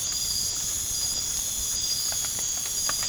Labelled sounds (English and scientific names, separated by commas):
none